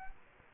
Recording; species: mosquito wingbeat signal from an infrared sensor; Culex quinquefasciatus